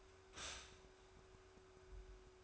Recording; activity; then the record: daily activity, microphone in the room; stop toaster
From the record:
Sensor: 2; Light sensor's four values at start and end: 4/9/3/3 and 4/9/3/3